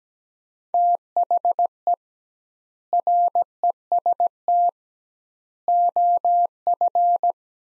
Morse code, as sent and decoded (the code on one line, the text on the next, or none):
- .... . / .-. . ... - / --- ..-.
THE REST OF